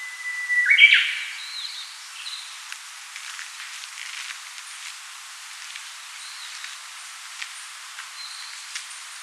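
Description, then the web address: Japanese bush warbler song: a steady whistle that bursts into a short rich flourish near the start, then faint chirps over steady hiss. "sound Archives -Cettia diphone"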